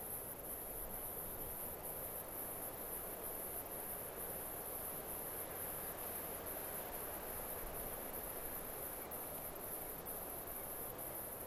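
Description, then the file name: Cicada call, a very high, pulsing buzz that continues without a break over a broad background hiss. Australian cicadas; stereo recording. "INSECTS CIDADAS AUSTRALIAN CALL"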